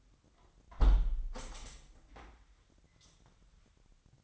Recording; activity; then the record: daily activity, microphone in the room; close window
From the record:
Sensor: 3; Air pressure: 997.9 hPa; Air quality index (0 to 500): 132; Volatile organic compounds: 4 ppm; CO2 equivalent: 1577 ppm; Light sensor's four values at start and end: 14/42/17/16 and 14/41/17/15